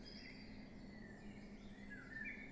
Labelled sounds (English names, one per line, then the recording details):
Common Blackbird
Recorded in Germany
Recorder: ecoPi